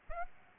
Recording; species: mosquito wingbeat signal from an infrared sensor; Aedes aegypti